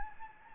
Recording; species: mosquito wingbeat signal from an infrared sensor; Anopheles gambiae